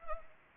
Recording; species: mosquito wingbeat signal from an infrared sensor; Anopheles arabiensis